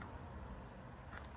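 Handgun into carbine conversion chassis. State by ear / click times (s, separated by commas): not seated / none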